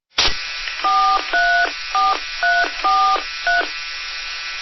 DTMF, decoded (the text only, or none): 434343